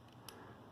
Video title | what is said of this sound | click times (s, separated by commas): First Timer PC Builder completes build | ring thing there like locks into place and it will click | 0.3 s